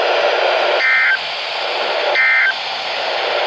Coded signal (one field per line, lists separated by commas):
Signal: Emergency Alert System (SAME) tones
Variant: end-of-message bursts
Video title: OUT OF VALLEY CATCH! NOAA weather radio EAS: Flash Flood Warning (EAS #26)